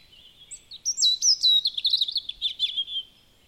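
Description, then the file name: European robin song: a brief high whistle opening into a rapid, wavering sequence of clear, sliding notes and trills over about two seconds. "Erithacus rubecula"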